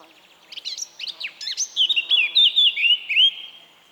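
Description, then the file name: Eurasian blackcap song opening with fast, scratchy, buzzy notes, then building into a string of pure, loud, fluting whistles that end abruptly. "Sylvia atricapilla"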